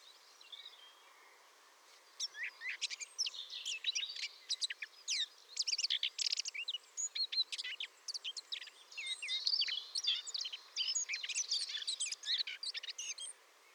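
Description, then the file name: Eurasian blackcap song after a quiet start, a long run of rapid scratchy and twittering notes. "Sylvia atricapilla"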